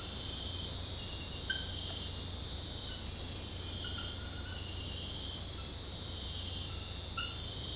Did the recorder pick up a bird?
no